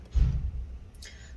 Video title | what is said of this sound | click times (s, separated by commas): DELL Latitude 7480 Disassembly RAM M.2 PCIe NVMe SSD Hard Drive Upgrade Repair Windows 10 Install | and then when you hear the click, you can go ahead and tighten it down. | 0.9 s, 1.0 s